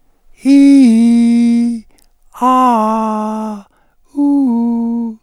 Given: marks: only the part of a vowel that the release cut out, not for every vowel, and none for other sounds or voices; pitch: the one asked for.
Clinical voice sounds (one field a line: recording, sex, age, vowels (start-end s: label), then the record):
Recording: sustained vowels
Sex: male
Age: 70 to 79 years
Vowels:
0.54-1.58 s: vowel /i/, low-high-low pitch
2.70-3.49 s: vowel /a/, low-high-low pitch
4.22-5.04 s: vowel /u/, low-high-low pitch
From the record:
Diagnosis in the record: cordectomy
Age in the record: 72 years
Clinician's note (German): Zustand danach